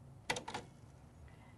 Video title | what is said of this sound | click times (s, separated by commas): How to Clean the Capping Station on Epson 4000 Series Printers - | So, you just want to put your finger on the top of the screw and you'll hear it click. | 0.3 s